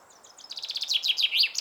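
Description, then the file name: Common chaffinch singing a brisk, accelerating series of bright notes that fall in pitch and finish with a flourish. "Fringilla coelebs"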